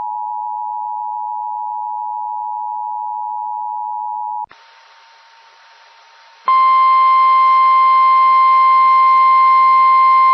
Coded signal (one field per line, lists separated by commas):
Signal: Emergency Alert System (SAME) tones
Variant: 853 and 960 Hz attention tone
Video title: Kentucky wants it... | EAS Alerts from May 16th, 2023 (EAS #2574-2585)